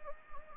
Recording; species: mosquito wingbeat signal from an infrared sensor; Anopheles gambiae